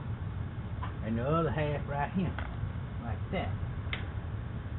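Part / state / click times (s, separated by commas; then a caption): retaining clip into dryer housing / seated / 3.9 s. During a Westinghouse clothes dryer repair, someone talks while fitting a plastic retaining clip, one of two, into the dryer housing. A short, sharp snap is heard at 3.9 seconds as the clip seats in place over a steady low background hum.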